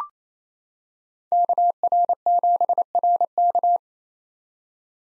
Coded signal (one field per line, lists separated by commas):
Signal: Morse code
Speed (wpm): 28 wpm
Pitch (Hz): 700 Hz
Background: none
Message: KR7RK